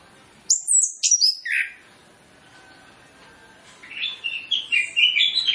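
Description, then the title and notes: Orange-headed Thrush song, opening with a few loud high whistled notes, a quiet pause, then a lower warbling run of varied slurred phrases. Lure track for Orange-headed Thrush, full of fill-in phrases, meant to prompt birds to sing fully and quickly. "Masteran Anis Kembang Full Isian Untuk Suara Pancingan Anis Kembang Agar Cepat Ngeplong. Suara Burung Anis Kembang"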